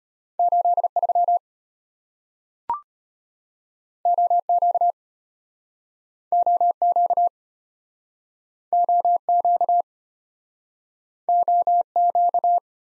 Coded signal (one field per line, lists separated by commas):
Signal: Morse code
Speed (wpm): 34 wpm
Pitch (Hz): 700 Hz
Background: none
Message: 83 OQ OQ OQ OQ